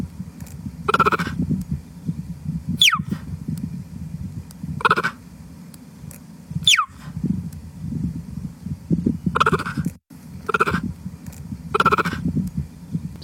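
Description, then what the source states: Cheetah giving short, chirping cries, some as sharp falling whistles and others as brief nasal bursts, spaced irregularly with quiet, rumbling gaps between. Small cry.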